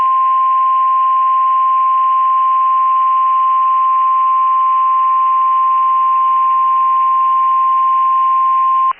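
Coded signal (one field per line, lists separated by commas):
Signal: Emergency Alert System (SAME) tones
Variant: 1050 Hz attention tone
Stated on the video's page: NOAA Weather Radio EAS alerts from Big Spring and Fort Worth, Texas transmitters.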